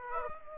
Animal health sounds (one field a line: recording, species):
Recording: mosquito wingbeat signal from an infrared sensor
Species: Aedes aegypti